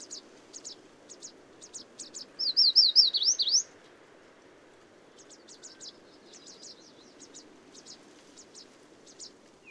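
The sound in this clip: Bird song: one loud, rapid zigzagging trilled phrase early on, with soft high chips repeated before and after over a steady low background hum.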